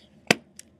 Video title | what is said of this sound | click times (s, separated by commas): Mom's iPad: Guided Tour: iPad Intro by Joe Bustillos | make sure it's the gray side up and you hear that little click | 0.3 s